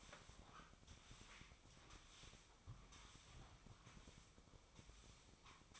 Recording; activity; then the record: daily activity, microphone in the room; sweep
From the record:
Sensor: 1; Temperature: 24.4 degrees Celsius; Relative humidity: 39.3%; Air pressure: 1003.1 hPa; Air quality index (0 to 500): 197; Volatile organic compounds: 6 ppm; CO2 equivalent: 1887 ppm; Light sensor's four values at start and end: 13/31/13/15 and 12/30/13/15